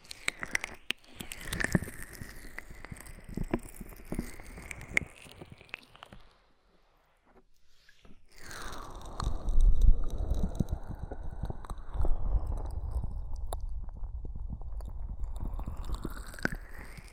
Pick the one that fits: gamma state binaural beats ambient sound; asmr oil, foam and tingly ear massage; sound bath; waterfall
asmr oil, foam and tingly ear massage